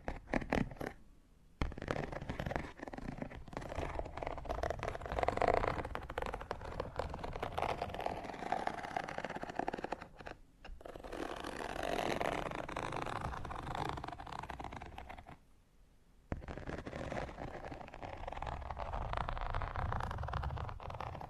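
Fingernails scratch and tap across textured leather in dense, rasping strokes that fill the sound with crackly grit. Brief silent pauses break the scratching near 1.5, 10 and 16 seconds, and each time it returns at a similar steady level.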